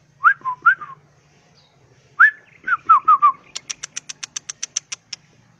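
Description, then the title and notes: Greater green leafbird singing slurred, looping whistles in two short bursts, followed by a quick, even series of sharp high ticks. Singing vigorously (gacor) with ngentrok song style and raised crest (jambul nembak); melodious song described as suitable as a master recording for training leafbirds. "Cucak Ijo Gacor Ngentrok Jambul Nembak. suara burung cucak ijo gacor, merdu cocok buat masteran burung cucak ijo"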